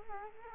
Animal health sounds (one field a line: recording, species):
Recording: mosquito wingbeat signal from an infrared sensor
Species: Culex quinquefasciatus